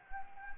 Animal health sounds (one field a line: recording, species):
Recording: mosquito wingbeat signal from an infrared sensor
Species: Anopheles gambiae